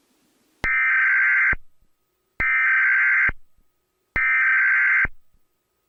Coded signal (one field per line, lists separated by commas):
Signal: Emergency Alert System (SAME) tones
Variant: header bursts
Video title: (2K SUBS SPECIAL) Rating EAS alarms from all around the world